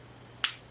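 A Glock G45 Gen 5 pistol's steel slide is pushed forward onto the polymer frame rails during reassembly while the trigger is held. One sharp, bright click sounds at 0.4 s against a quiet background, and the slide is seated in place and ready.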